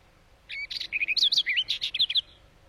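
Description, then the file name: Barred warbler song: a rapid scratchy warble of chattering notes and short twisting whistles, mostly high-pitched, lasting about two seconds against a quiet background. "Canto da toutinegra gaviao"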